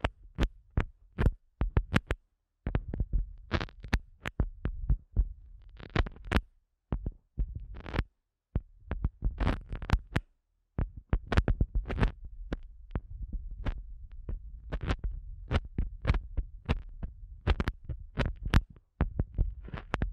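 An ASMR eardrum massage: quick, crisp taps and rubbing crackles fire rapidly and unevenly for the whole stretch, with soft low thumps and rumbling beneath. Brief silent gaps break the pattern a few times, near 2.5, 8, 10.5 and 18.5 seconds.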